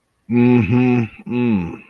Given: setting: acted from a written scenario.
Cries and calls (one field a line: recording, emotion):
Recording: vocal sound without words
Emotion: sympathy